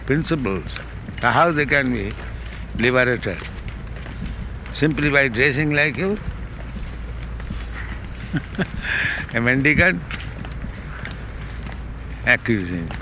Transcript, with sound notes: principles, so how they can be liberated? Simply by dressing like you, [laughs] a mendicant?" Accusing.